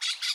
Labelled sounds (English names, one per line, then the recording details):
Brown-throated Parakeet contact call
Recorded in Aruba
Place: hill w/tanki N of Savaneta
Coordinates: 12.461, -69.944